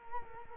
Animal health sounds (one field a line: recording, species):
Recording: mosquito wingbeat signal from an infrared sensor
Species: Culex quinquefasciatus